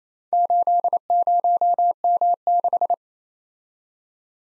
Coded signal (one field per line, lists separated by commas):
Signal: Morse code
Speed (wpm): 29 wpm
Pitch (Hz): 700 Hz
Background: none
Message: 80M6